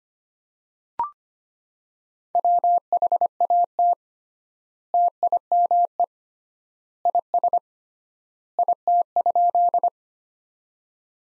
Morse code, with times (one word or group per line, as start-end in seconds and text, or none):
2.4-3.9 WHAT
4.9-6.0 TIME
7.1-7.6 IS
8.6-9.9 IT?